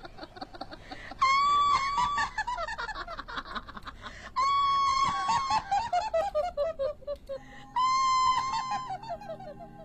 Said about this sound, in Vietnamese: Đoạn nó vụt biến mất, vừa kịp gà cất lên tiếng gáy sáng.